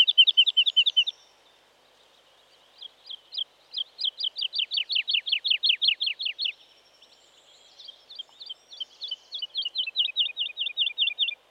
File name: Woodlark (Lullula arborea)